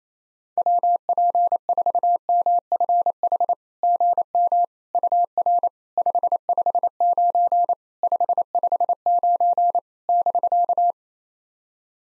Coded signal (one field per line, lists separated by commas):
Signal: Morse code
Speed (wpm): 28 wpm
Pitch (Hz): 700 Hz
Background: none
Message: WP4MFH GM UR 559 559 <BK>